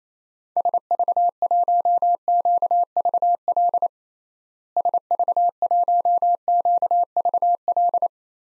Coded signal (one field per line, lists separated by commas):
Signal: Morse code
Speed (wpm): 28 wpm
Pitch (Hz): 700 Hz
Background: none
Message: SV1QVL SV1QVL